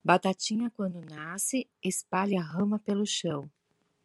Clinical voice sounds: short text; Brazilian Portuguese; female; 40 to 49 years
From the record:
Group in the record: control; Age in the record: 45 years

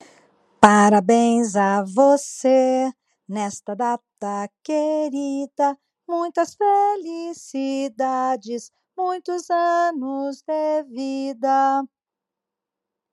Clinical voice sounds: short text; Brazilian Portuguese; female; 50 to 59 years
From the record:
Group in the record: control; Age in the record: 52 years

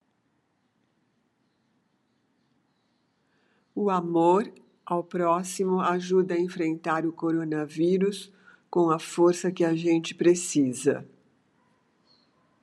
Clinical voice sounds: spoken sentence; Brazilian Portuguese; female; 60 to 69 years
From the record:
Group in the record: control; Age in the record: 69 years

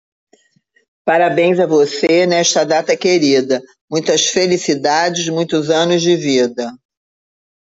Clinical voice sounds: short text; Brazilian Portuguese; female; 60 to 69 years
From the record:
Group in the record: control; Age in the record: 61 years

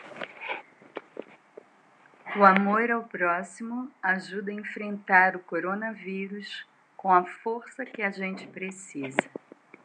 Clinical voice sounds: spoken sentence; Brazilian Portuguese; female; 50 to 59 years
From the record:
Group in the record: control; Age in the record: 57 years

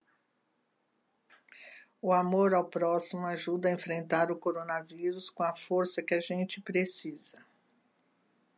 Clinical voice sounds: spoken sentence; Brazilian Portuguese; female; 70 to 79 years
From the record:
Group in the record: control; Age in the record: 73 years

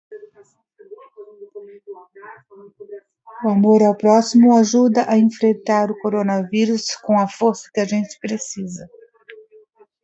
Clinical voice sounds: spoken sentence; Brazilian Portuguese; female; 60 to 69 years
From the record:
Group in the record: control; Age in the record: 64 years

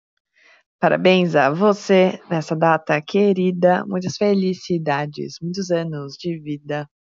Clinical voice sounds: short text; Brazilian Portuguese; female; 20 to 29 years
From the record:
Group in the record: control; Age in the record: 27 years

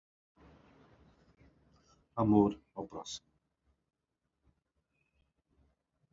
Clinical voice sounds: short text; Brazilian Portuguese; male; 50 to 59 years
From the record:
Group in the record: control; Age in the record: 59 years

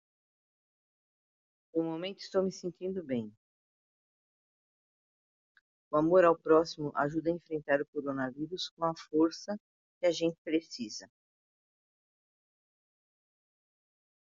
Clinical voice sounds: spoken sentence; Brazilian Portuguese; female; 60 to 69 years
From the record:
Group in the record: control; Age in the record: 64 years

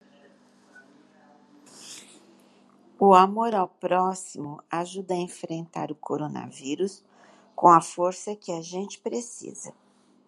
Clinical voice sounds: spoken sentence; Brazilian Portuguese; female; 70 to 79 years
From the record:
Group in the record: control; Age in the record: 71 years

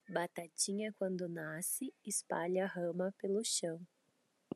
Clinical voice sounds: short text; Brazilian Portuguese; female; 20 to 29 years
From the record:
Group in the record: control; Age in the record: 29 years

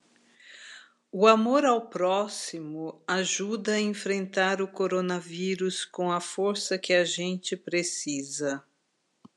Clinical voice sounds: spoken sentence; Brazilian Portuguese; female; 50 to 59 years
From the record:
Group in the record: control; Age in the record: 54 years

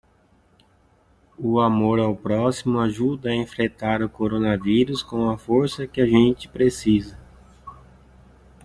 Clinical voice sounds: spoken sentence; Brazilian Portuguese; male; 30 to 39 years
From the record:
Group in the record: control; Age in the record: 39 years

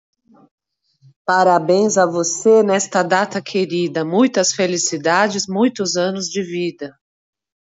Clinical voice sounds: short text; Brazilian Portuguese; female; 40 to 49 years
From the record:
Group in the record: control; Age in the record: 45 years

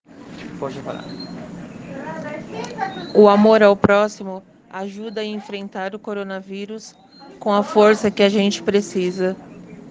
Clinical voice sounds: spoken sentence; Brazilian Portuguese; female; 40 to 49 years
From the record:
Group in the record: respiratory insufficiency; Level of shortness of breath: 5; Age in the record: 44 years

